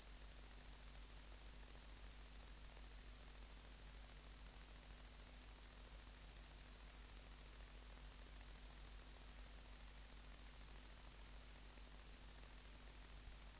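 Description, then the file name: Great green bush-cricket singing a long, steady, very high sizzling trill of rapid pulses without interruption. "Tettigonia viridissima"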